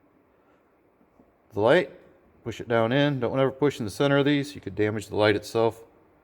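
A push-in DCS LED rock light is being pressed around its edges, not its center, which could damage the light, into an existing hole in a Jeep JKU's steel frame rail. Someone talks throughout, with no distinct impact sounds. Nothing has seated or clicked yet.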